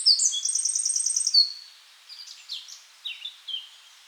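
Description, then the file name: Eurasian wren song: a fast, high trill of evenly repeated notes for over a second, followed by a few fainter, scattered high chirps. "Troglodytes troglodytes"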